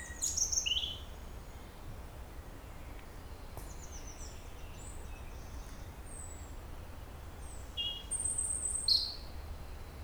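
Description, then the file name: European robin song: short, high, thin trilled phrases near the start and again near the end, separated by a quieter stretch with only faint notes, over steady low background hiss. "Erithacus rubecula"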